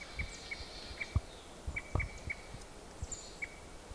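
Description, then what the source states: Crossbill calls: several short, clipped chip notes at uneven intervals over low rumbling noise. Cleaned-up recording of Ozark crossbills, initially suspected to be type 3 crossbills.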